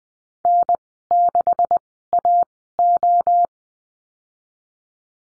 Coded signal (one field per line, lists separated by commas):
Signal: Morse code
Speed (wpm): 20 wpm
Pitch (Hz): 700 Hz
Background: none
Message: N6AO